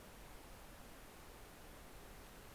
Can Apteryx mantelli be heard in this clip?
no